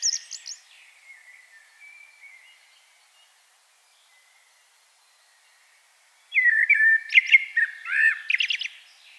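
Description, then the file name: Common blackbird song: a brief high twitter, faint mellow warbling, then a loud phrase of low fluted notes ending in squeaky, rapid high twittering. "Turdus merula"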